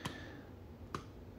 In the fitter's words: I can put my cover back on it snaps back into place all four tabs push